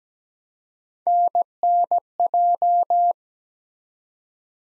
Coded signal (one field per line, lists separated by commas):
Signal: Morse code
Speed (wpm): 17 wpm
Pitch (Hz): 700 Hz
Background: none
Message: NNJ